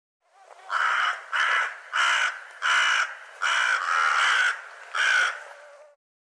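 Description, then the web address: Bird calls: a series of several hoarse, grating caws, one after another at uneven intervals. "cianscape birddata Deverinetal 2025 Bird"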